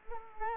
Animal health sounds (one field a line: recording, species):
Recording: mosquito wingbeat signal from an infrared sensor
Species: Culex quinquefasciatus